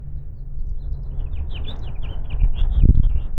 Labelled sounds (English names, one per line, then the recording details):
House Finch song
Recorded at WGilgo Beach on Long Island, New York, on 22 May 1975
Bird C